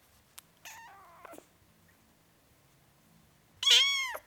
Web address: BBC Sound Effects Library (Cats) Four Week Old Kitten, Meowing